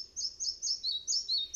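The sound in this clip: Red-breasted flycatcher song: quick paired high notes, each pair sliding slightly lower, repeated steadily throughout.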